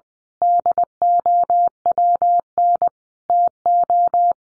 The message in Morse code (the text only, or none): DOWN TO